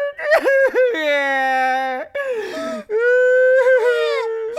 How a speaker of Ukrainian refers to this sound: Ти насправді плачеш, а? Плачу. А я думав, що ти ревеш від задоволення.